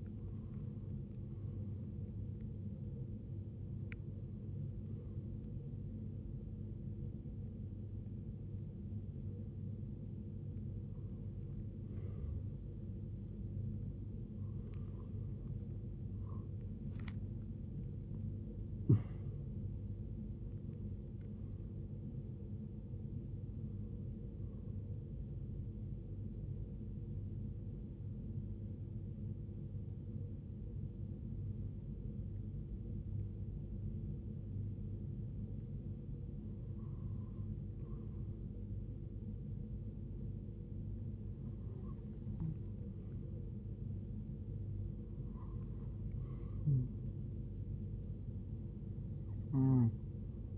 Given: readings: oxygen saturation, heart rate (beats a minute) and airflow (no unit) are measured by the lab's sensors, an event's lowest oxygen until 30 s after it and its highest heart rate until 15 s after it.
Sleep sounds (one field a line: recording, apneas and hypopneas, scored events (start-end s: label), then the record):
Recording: breathing in sleep by a smartphone at the bedside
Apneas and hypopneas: 1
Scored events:
25.00-43.40 s: hypopnea (N1, oxygen 95% highest, then 91% lowest, heart rate 74 at the start, 74 highest)
From the record:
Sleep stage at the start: N1 (lightest sleep)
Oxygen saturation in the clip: 89 to 95%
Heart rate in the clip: 44 to 96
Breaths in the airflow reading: 10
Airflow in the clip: -13.4 to 15.9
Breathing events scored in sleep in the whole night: 389 in 6.3 hours asleep